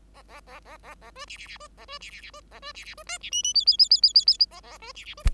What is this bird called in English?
Bengalese Finch